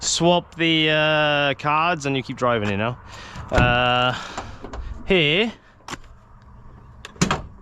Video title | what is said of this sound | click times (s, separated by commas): Living With The DAF XG - My Honest Thoughts | you can hear it click | 7.2 s